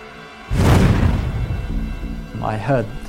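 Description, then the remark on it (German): A sudden deep whoosh of a petrol vapour explosion, with spread petrol vapours igniting into a bluish flame after petrol was poured on the ground as a fuse, erupts and roars for about a second before trailing off, then a short burst of voice follows. “Doch bevor er wirklich in Sicherheit ist, geht die ganze Ladung hoch.”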